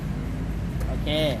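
An aluminium motorcycle top case is being handled over its adapter plate on the rear rack mounting, ready to be pressed down so its latch and lock set engage. Someone talks over a low rumble of traffic and vehicle noise, and a brief tonal whine rises near the end. Nothing has seated or clicked yet.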